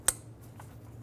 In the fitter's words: install the connector push until you hear a click